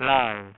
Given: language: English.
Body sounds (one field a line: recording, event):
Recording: throat vibration sensor signal played as sound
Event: speech